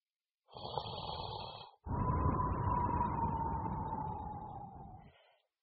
He is sleeping. He is snoring loudly. He is very loud.